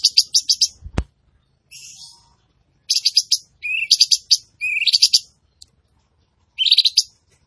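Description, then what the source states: Tembakan bird singing in short bursts of rapid high chirps separated by pauses, with one sharp click near the start. Training recording (masteran) for cage birds, featuring a vigorously singing (gacor) Tembakan bird.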